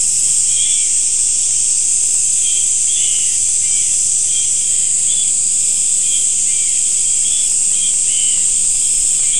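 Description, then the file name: Insects produce a constant shrill drone that never pauses, while faint short chirps come and go beneath it. "mainly insect"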